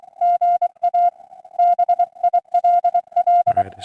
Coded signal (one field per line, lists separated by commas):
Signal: Morse code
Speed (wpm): 23 wpm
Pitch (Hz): 720 Hz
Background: music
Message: GA BILL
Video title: Sunday Morning Pota Hunt 4-12-2026